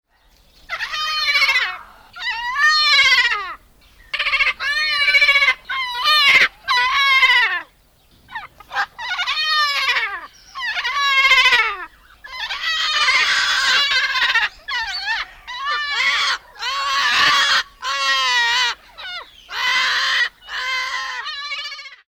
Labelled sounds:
Salmon-crested Cockatoo
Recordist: Tembrock, Günter
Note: Lautfolgen von zwei Tieren

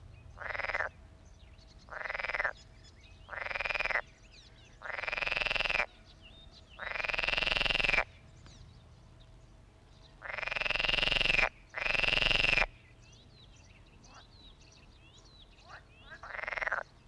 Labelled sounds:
Edible Frog call
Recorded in the wild
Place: Hohen Neuendorf, OT Borgsdorf, Brandenburg, DE
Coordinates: 52.7083, 13.275
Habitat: pond
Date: 1960-06-01 12:00
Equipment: Reporter, Vollspur
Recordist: Günther, Rainer

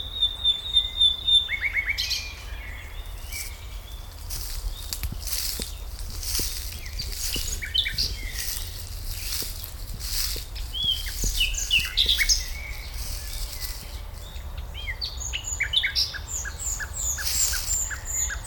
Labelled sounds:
Common Nightingale
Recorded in the wild
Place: Schloßpark Babelsberg, Brandenburg, DE
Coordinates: 52.4, 13.1
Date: 1996-06-07 12:55
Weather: sonnig, 24-30°C
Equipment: Sony MD-WM MZ-R3, Sennheiser MKH 416 T, Kopie Uher 4000 Report Monitor
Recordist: Tembrock, Günter

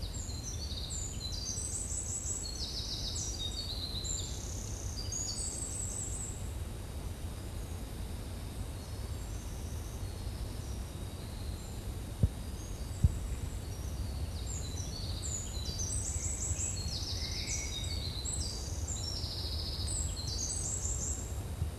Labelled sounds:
Eurasian Wren song
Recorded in the wild
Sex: male
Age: adult
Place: Forst Frohnau, Berlin, DE
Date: 2005-07-10 12:45
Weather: sunny, 22 - 26°C
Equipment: Sony WM-D6C, Sony ECM-MS 907, Kopie Uher 4000 Report Monitor
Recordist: Tembrock, Günter
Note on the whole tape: Gesang. Technisch bedingtes Brummen und Windgeräusche in der Aufnahme

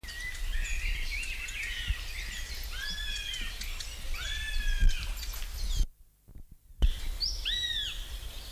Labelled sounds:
Northern Goshawk call
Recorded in the wild
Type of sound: call
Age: juvenile
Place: Lübars (Fließtal), Berlin, DE
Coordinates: 52.6167, 13.35
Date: 1999-06-13 14:08
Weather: heiter, 22°C
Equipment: Sony WM-D6C, Sennheiser ME 80, Kopie Uher 4000 Report Monitor
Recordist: Tembrock, Günter
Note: Rufe von fast flüggen Jungvögeln

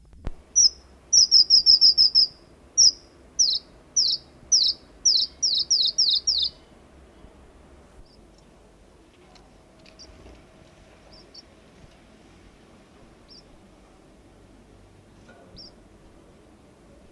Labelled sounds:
Red Avadavat call
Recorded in captivity
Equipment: Halbspur 19 cm
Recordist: Lütgens, Hans
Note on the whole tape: Rufe

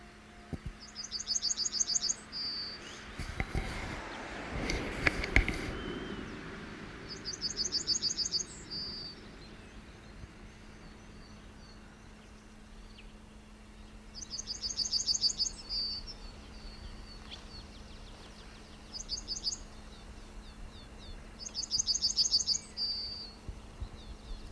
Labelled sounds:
Yellowhammer
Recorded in the wild
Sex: male
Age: adult
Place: Schildow, NSG, Kalktuffgelände am Tegeler Fließ (NSG Schildow), Berlin, DE
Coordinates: 52.64, 13.37
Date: 1993-04-19 11:10
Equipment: Uher 4400 Report Stereo IC, Sennheiser ME 80, K 30 AV
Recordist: Quaisser, Christiane
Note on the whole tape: Gesang

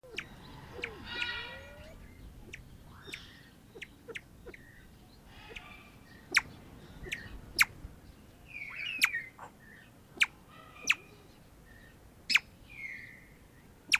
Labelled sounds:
Crested Fireback call
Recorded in captivity
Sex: pair
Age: adult
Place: Zoo Halle, Sachsen-Anhalt, DE
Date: 1987-04-11 12:00
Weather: heiter, 7-10°C
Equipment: Nagra SN, Kopie Tesla B 116
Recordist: Tembrock, Günter

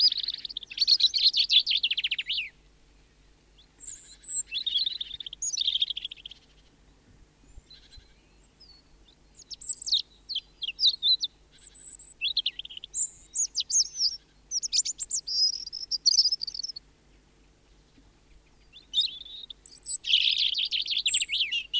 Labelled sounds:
European Robin song
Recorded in the wild
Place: Pfaffenbrunnen, Rheinland-Pfalz, DE
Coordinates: 49.412, 7.756
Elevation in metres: 399
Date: 1976-03-18
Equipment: Nagra IV, Sennheiser MKH 405, Parabolreflektor
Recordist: Tretzel, Erwin

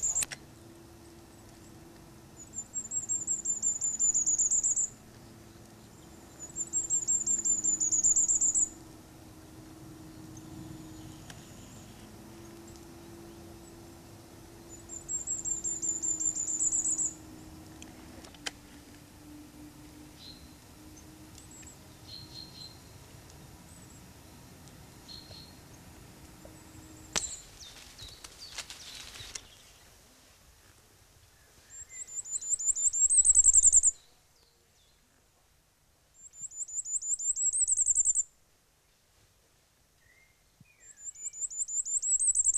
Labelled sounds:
Common Firecrest song
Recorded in the wild
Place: Oberstdorf, Bayern, DE
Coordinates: 47.4092, 10.3133
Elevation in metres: 1263
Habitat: mountains
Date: 1985-04-04
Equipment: Uher 4000 Report
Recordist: Tretzel, Erwin

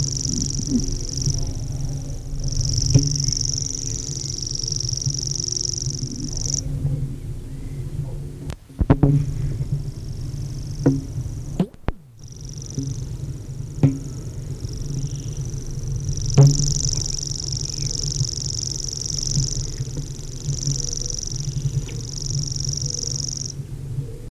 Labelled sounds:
Common Grasshopper Warbler song
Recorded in the wild
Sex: male
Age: adult
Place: Feldberg - Koldenhof, Mecklenburgische Seenplatte, Mecklenburg, DE
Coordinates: 53.3294, 13.3136
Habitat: mixed forest, clearing
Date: 1976-07-02 20:30
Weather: 18°C, no wind
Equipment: Uher CR 210, Sennheiser MD 421 HL, Verstärker, Reflektor, Kopie Uher 4200
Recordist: Tembrock, Günter
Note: Große Waldlichtung bei Koldenhof (Warsberge). Gesang

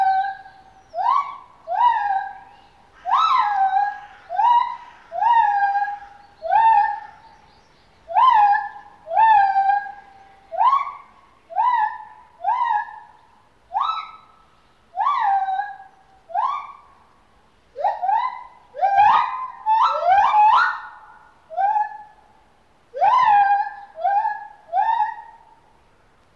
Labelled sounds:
Lar Gibbon
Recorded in captivity
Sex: pair
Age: adult
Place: Zoo Berlin, Berlin, DE
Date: 1988-11-05
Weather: sonnig, -3 bis +3°C
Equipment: Sony WM-D6C, Kopie Uher
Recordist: Tembrock, Günter

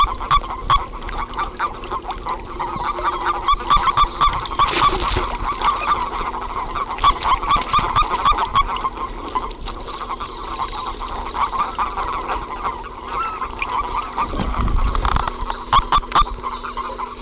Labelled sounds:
Common Toad call
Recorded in the wild
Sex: male
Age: adult
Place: Strausberg, Brandenburg, DE
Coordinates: 52.5478, 13.8744
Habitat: lake
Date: 1969-04-26
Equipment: Uher 4200, Telefunken-Mikrofon, Vorverstärker 2
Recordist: Tembrock, Günter

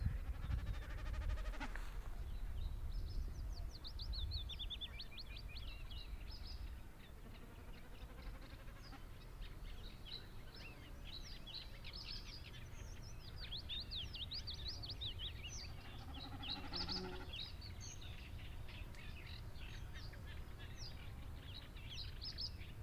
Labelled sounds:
Common Snipe
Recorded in the wild
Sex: male
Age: adult
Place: Zarnekow, Peenetal, Mecklenburg-Vorpommern, DE
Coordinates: 53.8767, 12.8836
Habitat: greenland
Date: 2010-06-08 16:27
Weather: fair, 20°C, weak easterly winds
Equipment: Sound Devices 702, Sennheiser MKH 70, Rycote Windschutz
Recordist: Frommolt, Karl-Heinz
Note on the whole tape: Polder Zarnekow-Upost: Balz einer Bekassine mit "Meckern". Tickern bei Landung. Entfernung 40 - 100 m

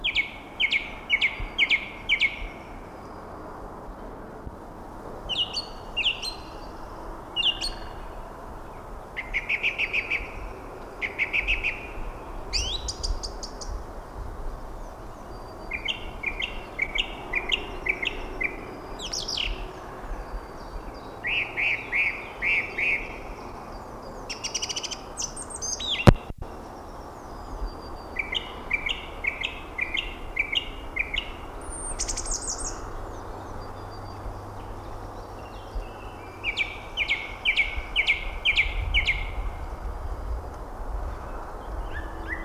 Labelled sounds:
Song Thrush song
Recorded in the wild
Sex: male
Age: adult
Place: Marloffstein, NGS "Wildnis am Rathsberg", Bayern, DE
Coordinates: 49.6186, 11.0261
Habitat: carr
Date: 1962-05-04
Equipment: Stellavox SM 5, Original, Vollspur, AKG D19/200
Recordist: Tretzel, Erwin

